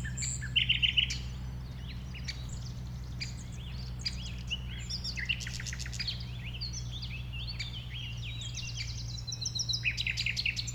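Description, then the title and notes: Common nightingale song of varied phrases: chattering notes, whistles and quick rattling bursts, over a steady low drone. One nightingale among several settled on the banks of a stream forming a pond, 1500 m from the A20 motorway; recorded around 8 am on Sunday 12 April. "Un Rossignol Envers Et Contre Tout. un rossignol venu avec quelques autres s'installer sur les rives d'un ruisseau formant un étang à 1500 mètres de l'A 20. Ces moments ont été enregistrés vers 8h le dimanche 12 avril"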